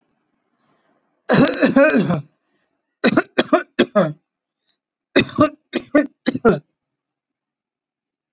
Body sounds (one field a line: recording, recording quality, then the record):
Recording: shallow voluntary cough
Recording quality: excellent, no background noise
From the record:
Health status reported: recovered from COVID-19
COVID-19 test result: positive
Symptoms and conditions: fatigue, loss of smell and taste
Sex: male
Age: 34 years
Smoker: not ticked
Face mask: not worn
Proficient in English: yes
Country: India